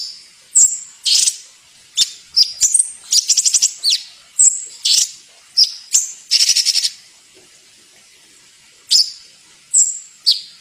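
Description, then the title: Bird song of varied high chirps, short whistled slurs and scratchy trills, delivered in bursts with gaps, including a quieter pause partway through. Masteran recording, used for training songbirds. "Suara masteran Burung"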